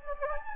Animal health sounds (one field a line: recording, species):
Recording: mosquito wingbeat signal from an infrared sensor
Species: Anopheles gambiae